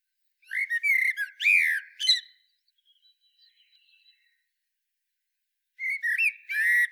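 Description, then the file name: Eurasian blackbird with mellow whistled phrases and squeaky high notes, a long pause, then a new phrase beginning with fluty warbles. "Turdus merula"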